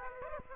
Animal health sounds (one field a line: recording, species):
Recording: mosquito wingbeat signal from an infrared sensor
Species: Aedes aegypti